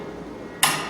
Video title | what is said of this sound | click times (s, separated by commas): [장비메뉴얼] 3D프린터 | 소리가 나면 들어갑니다. | 0.6 s